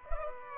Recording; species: mosquito wingbeat signal from an infrared sensor; Culex pipiens